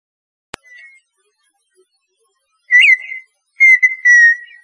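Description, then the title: Partridge song: a click and a soft brief whistle, then a strong rising-falling whistle and a drawn-out level whistle ending the phrase. "Perdiz Cantando"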